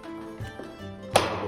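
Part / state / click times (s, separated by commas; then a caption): plastic retaining clip of a lift gate tail light housing / released / 1.2 s. Plastic halves of a Dodge Durango lift gate center racetrack tail light housing are pulled apart by hand, without cutting. A few soft knocks play over a steady tonal background, then at 1.2 s a plastic retaining clip or tab lets go with one sharp snap, releasing the housing.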